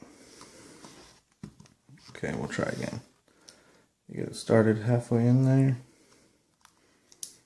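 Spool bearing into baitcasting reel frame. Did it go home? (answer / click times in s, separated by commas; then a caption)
yes / 7.2 s. A Boca spool bearing is installed into the metal seat of a Lew's Laser MG baitcasting reel frame: after being started halfway in, it is pushed the rest of the way with a flathead screwdriver. Someone talks over faint handling taps, then a sharp click at 7.2 s marks the bearing seating in place.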